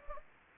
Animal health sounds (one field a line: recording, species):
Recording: mosquito wingbeat signal from an infrared sensor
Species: Anopheles gambiae